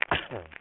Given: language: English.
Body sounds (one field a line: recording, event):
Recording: throat vibration sensor signal played as sound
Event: cough